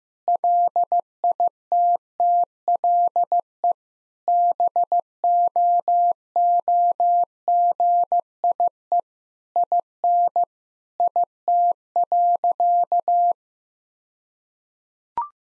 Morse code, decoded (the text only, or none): LITTLE BOOGIE IN IT.